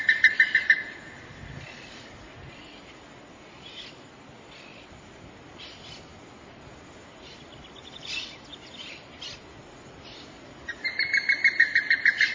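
Plumbeous ibis uttering short bursts of quick, raspy repeated notes at the start and again at the end, with a quiet, hissy stretch between.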